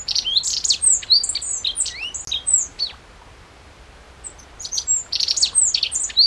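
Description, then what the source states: Godlewski's bunting, high twittering notes and swooping whistles for about three seconds, a short lull, then the bright chirping picks up again. Recorded 14 June 2012.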